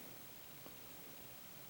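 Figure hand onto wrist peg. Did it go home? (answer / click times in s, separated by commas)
no / none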